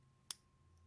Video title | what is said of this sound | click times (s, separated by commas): Best Glock Trigger Job & Polish – Gen 1–5 Trigger Spring Kit Installation - M*CARBO | This is the connector back here, this portion, and it locates and locks in place just like that. | 0.3 s